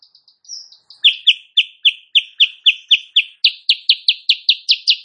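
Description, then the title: Sooty-headed bulbul song: a few soft whistled notes, then loud, buzzy chirps repeated about four times a second. Actively singing ('gacor') in the morning, used as master audio for training songbirds; said to provoke other birds into answering. "Masteran Kutilang Sutra. Kutilang Sutra GACOR pagi hari bikin lawannya AUTO NYAUT"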